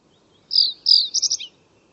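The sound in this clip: Bird calling with a pair of sharp, high descending whistles, then a rapid stutter of three clipped notes ending in a short falling note; otherwise quiet.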